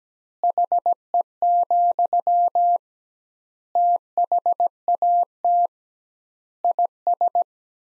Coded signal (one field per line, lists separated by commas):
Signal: Morse code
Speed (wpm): 17 wpm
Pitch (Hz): 700 Hz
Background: none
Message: HE, THAT IS